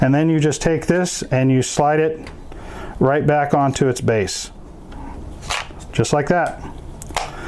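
Someone talks while a SimpliSafe SimpliCam security camera body is slid back onto its plastic stand mounting base, with a soft scrape heard around 5 seconds. Sharp snaps at 7.0 and 7.2 s show the camera locking in place on its base.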